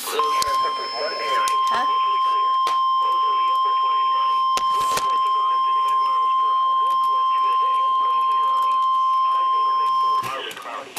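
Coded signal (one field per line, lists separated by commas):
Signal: Emergency Alert System (SAME) tones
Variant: 1050 Hz attention tone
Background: speech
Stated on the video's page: Severe thunderstorm and tornado warnings received on NOAA Weather Radio.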